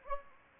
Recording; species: mosquito wingbeat signal from an infrared sensor; Anopheles gambiae